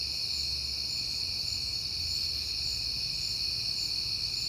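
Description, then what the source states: Crickets chirp in a continuous bright chorus, with a low engine-like rumble at the start. Recorded at night in September on a peaceful night, with crickets heard often that month; passing cars also in the recording.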